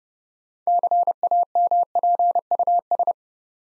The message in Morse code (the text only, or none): CAMPUS